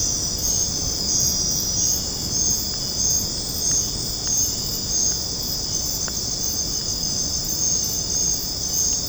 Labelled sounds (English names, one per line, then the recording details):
none
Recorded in secondary vegetation near Puerto Asís, Putumayo, Colombia, on 8 March 2025 at 23:00
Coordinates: 0.481, -76.318
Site G097